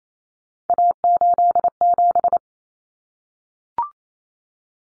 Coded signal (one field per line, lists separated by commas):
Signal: Morse code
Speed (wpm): 28 wpm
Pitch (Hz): 700 Hz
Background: none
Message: A87